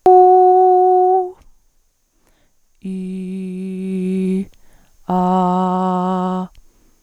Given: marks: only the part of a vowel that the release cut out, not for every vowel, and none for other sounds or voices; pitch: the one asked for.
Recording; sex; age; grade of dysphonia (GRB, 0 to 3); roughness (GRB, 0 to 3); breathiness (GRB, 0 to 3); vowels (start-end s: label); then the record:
sustained vowels; female; 20 to 29 years; 0; 0; 0
0.23-1.08 s: vowel /u/, high pitch
3.02-4.28 s: vowel /i/, low pitch
5.25-6.37 s: vowel /a/, low pitch
From the record:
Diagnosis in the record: healthy voice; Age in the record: 20 years